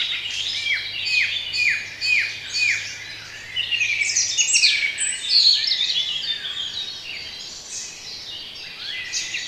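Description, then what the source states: Bird song chorus opening with repeated downslurred whistles about twice a second, then overlapping chirps and trills from several birds. Bird sounds for relaxation.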